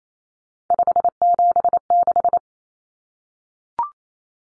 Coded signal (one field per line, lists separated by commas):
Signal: Morse code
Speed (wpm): 28 wpm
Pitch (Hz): 700 Hz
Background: none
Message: 576